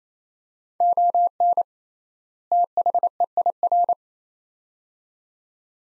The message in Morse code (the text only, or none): ON THEIR